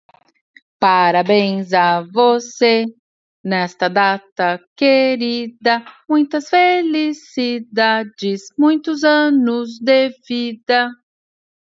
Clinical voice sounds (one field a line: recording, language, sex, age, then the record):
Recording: short text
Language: Brazilian Portuguese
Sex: female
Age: 40 to 49 years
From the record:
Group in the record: control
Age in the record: 47 years